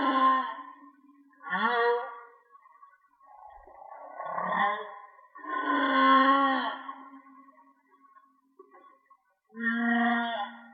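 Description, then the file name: Whale singing with a series of upswept whoops and broad groaning moans, several units spaced by short pauses. "Whale Song-colin"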